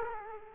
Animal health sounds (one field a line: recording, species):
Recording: mosquito wingbeat signal from an infrared sensor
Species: Culex quinquefasciatus